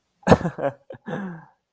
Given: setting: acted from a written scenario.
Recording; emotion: vocal sound without words; amusement